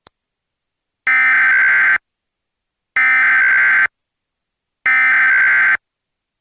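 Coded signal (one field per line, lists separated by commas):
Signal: Emergency Alert System (SAME) tones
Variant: header bursts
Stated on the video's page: Simulated EAS tones in a fictional "Lost in Silence" style emergency alert scenario.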